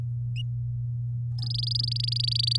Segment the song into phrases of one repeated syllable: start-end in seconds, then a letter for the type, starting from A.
1.39-2.57 A